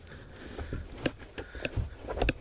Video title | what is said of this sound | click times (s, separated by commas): 中古格安軽キャンピングカーDIYリノベーション！電子レンジ、オーブントースターなど家電搭載！狭い車内の収納を劇的にアップ【ハイゼットカーゴ / ピクシスバン】 | はい、しっかりはまりました。 | 2.3 s